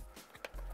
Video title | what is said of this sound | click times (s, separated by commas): Top 3 // Best Paintball Lens Change Systems | the hole in the lens and then you're just gonna pull back on the ear pad you'll hear it click into place do | 0.4 s